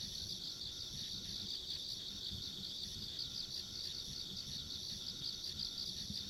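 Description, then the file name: Insects trilling continuously in overlapping, shimmering pulses at high pitch, a thin very high tone running alongside, and low background rumble. Ambient insect sounds recorded along a country road. "田舎道の虫の環境音"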